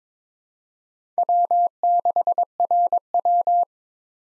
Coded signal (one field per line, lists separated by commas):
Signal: Morse code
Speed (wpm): 22 wpm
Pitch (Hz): 700 Hz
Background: none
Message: W6RW